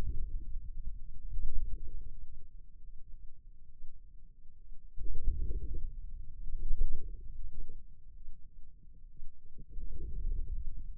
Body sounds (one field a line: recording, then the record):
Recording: forearm muscle sounds (acoustic myography)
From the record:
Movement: inward rotation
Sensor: system 2, bracelet of six BSWA MPA416 microphones around the upper forearm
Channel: 5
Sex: male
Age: 22 years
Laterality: right